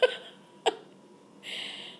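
Two brief, sharp, dry cough bursts about half a second apart, followed by a hissing intake of breath: a hacking cough in an adult woman with flu and a very sore throat.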